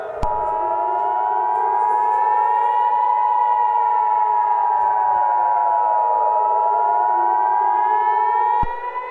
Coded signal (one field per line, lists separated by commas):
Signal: Emergency Alert System (SAME) tones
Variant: 853 and 960 Hz attention tone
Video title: EAS Scenario Alien Invasion